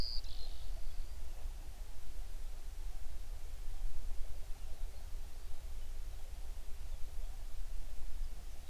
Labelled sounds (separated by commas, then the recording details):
songbird
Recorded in the Prudhoe Bay oil fields, Alaska, on 11 June 2019 at 04:55
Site 21